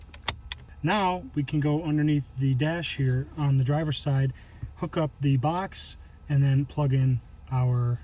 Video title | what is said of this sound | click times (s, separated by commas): [HOW TO] Install a Redarc Tow-Pro Elite Trailer Brake Controller In a 2019+ Silverado/Sierra | port back in. It should just pop into place. | 0.3 s, 0.5 s